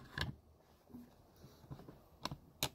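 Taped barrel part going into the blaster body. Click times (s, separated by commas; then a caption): 2.6 s. A taped barrel part is laid flat on a surface and pressed down into the blaster body, with a few faint handling sounds and sharp taps near 0.2 s and 2.3 s. A crisp, loud click at 2.6 s marks the barrel part seating and engaging in the body.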